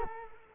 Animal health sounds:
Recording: mosquito wingbeat signal from an infrared sensor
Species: Culex quinquefasciatus

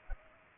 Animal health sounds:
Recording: mosquito wingbeat signal from an infrared sensor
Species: Culex pipiens

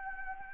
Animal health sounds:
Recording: mosquito wingbeat signal from an infrared sensor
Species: Anopheles arabiensis

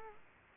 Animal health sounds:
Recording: mosquito wingbeat signal from an infrared sensor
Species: Culex quinquefasciatus

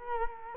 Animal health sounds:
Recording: mosquito wingbeat signal from an infrared sensor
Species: Culex quinquefasciatus

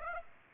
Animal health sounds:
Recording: mosquito wingbeat signal from an infrared sensor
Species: Aedes aegypti

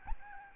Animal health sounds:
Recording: mosquito wingbeat signal from an infrared sensor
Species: Aedes albopictus

